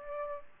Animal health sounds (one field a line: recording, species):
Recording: mosquito wingbeat signal from an infrared sensor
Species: Aedes aegypti